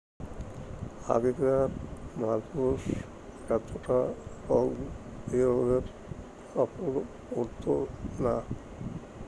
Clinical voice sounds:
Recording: elicited speech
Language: Bengali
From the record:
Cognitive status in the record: dementia

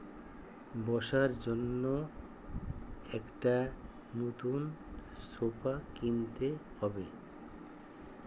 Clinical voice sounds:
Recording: elicited speech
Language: Bengali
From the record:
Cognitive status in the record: dementia

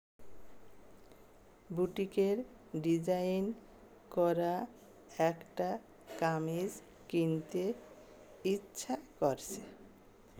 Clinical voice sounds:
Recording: elicited speech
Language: Bengali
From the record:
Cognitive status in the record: dementia

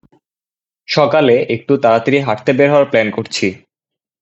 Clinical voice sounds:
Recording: elicited speech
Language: Bengali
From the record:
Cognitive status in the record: cognitively healthy

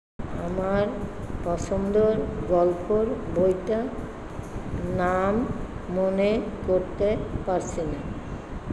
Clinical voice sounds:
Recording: elicited speech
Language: Bengali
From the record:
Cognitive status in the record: dementia

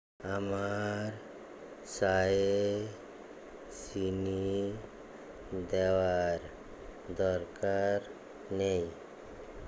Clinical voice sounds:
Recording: elicited speech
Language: Bengali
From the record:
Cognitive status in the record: dementia

